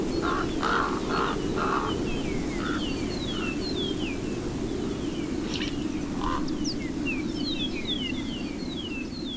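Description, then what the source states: Common Raven calls: a few short, hoarse notes repeated at the start, with whistled, sliding songs of other birds and steady wind noise throughout. Dawn calling at a large desert ranch easement in the New Mexico panhandle, alongside western meadowlarks and mockingbirds greeting the dawn.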